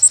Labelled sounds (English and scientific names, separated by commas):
Yellow Warbler (Setophaga petechia) flight call